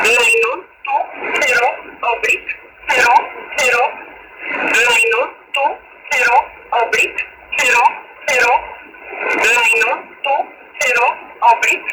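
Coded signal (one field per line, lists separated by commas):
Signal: numbers station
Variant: E11, English female voice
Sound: female voice reading short evenly spaced words: two, zero, oblique, repeated, over radio hiss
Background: radio static, steady carrier tones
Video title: E11 Spy Number Station -- 11116 kHz USB / 2026-03-06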